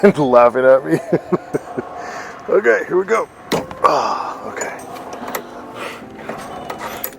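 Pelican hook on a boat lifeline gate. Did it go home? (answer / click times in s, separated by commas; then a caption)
released / 7.0 s. A metal pelican hook on a boat lifeline gate is released to open the gate while someone talks. A sharp metallic snap is heard at 7.0 s as the hook snaps open.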